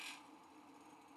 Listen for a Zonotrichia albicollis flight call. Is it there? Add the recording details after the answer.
no. No flight call is heard. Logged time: 09:18 on 5 December 2014